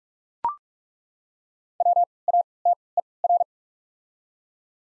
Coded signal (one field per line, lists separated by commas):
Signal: Morse code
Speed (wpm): 43 wpm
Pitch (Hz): 700 Hz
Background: none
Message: WATER